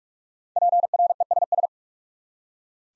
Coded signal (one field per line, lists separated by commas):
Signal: Morse code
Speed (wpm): 46 wpm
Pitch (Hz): 700 Hz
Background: none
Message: PRESS